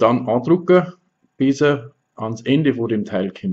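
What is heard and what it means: An atomizer part of an OBS Crius 2 Single vaping RTA is being handled and pressed onto the RTA's post, while someone talks throughout. Nothing has seated or clicked yet; the part is not yet home.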